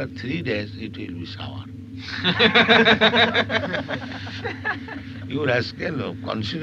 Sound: laughter

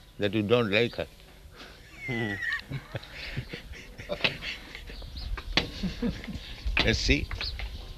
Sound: laughs

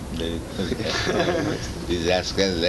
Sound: laughter

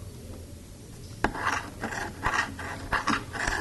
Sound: sound of water pouring, scraping noise

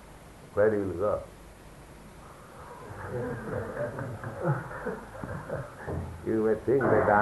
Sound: laughter

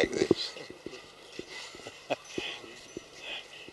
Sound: laughs

